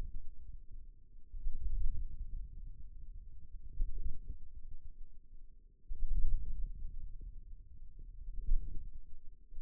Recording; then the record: forearm muscle sounds (acoustic myography)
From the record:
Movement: wrist flexion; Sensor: system 2, bracelet of six BSWA MPA416 microphones around the upper forearm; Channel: 3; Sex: male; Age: 22 years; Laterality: right